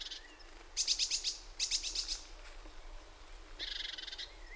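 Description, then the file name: Great tit giving rapid chattering bursts of scratchy high notes, two series close together, then a softer buzzy run near the end. "Parus major"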